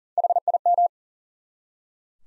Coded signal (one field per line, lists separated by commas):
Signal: Morse code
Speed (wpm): 40 wpm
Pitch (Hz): 700 Hz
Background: none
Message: HIM